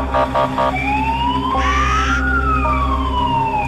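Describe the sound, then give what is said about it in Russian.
An ambulance siren blares as the ambulance carrying a man on a stretcher drives away from a concert hall on a winter street, opening with a few quick pulsing bursts before settling into a loud wail that rises and falls over a steady low engine rumble. “Люди смотрят вслед уезжающей машине скорой помощи.”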